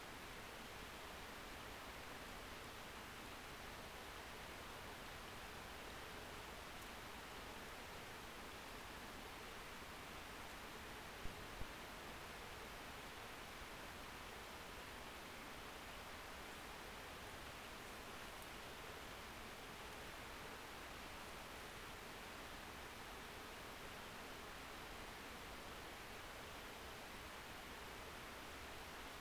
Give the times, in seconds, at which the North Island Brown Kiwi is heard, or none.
none